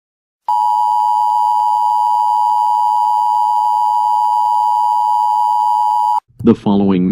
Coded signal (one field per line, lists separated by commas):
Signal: Emergency Alert System (SAME) tones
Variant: 853 and 960 Hz attention tone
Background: speech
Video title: EAS Christmas Scenario: Killer Santa